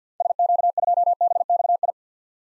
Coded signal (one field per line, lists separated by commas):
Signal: Morse code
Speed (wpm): 50 wpm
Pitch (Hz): 700 Hz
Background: none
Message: SQ2BXI